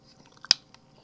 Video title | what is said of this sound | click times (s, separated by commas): Review of the Transform Dream Wave TCW-04 Computron Upgrade Kit | there huh everything locked into place now see | 0.5 s